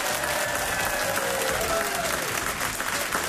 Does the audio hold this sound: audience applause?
yes